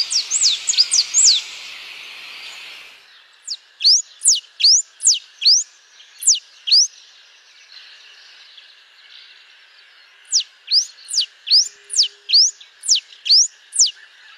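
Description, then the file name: Blue-and-yellow Tanager song: after a brief rapid chatter, two long bouts of crisp, very high, sharply descending notes repeated in quick succession, separated by a pause. "Canto do sanhacu papa laranja"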